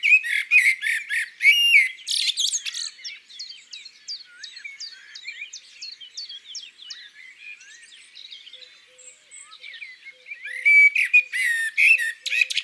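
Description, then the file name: Eurasian magpie rattling chatter opening and closing the passage, harsh repeated chacks, with a long middle stretch of high small-bird twittering. Recorded in the countryside. "Pie bavarde Chants doiseaux dans la campagne"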